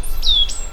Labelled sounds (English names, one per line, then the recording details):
Stitchbird song
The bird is a male
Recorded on Tiritiri Matangi Island, New Zealand, in 2005
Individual 10, of nest box 12